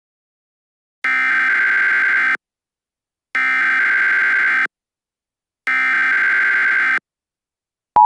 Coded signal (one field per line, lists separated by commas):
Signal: Emergency Alert System (SAME) tones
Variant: header bursts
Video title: EAS Scenario - Virus Scenario Part 1